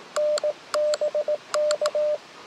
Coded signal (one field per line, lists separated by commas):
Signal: Morse code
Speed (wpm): 18 wpm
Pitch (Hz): 600 Hz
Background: radio noise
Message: NBK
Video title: HF飛ばない日 V/U頼みのFT8 初心者CW 18WPM POTA 祖師谷公園 蘆花恒春園 2023/05/10 アマチュア無線 VLOG 273